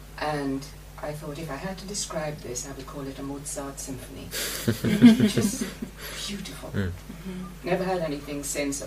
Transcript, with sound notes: And I thought, if I had to describe this, I'd call it a Mozart symphony. [laughter] Just beautiful. Never had anything since.